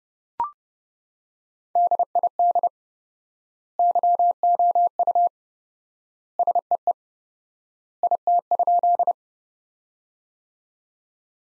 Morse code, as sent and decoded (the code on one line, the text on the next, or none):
-.. .. -.. / -.-- --- ..- / ... . . / .. - ..--..
DID YOU SEE IT?